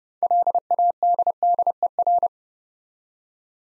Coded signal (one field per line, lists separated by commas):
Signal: Morse code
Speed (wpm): 30 wpm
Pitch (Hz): 700 Hz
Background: none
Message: LADDER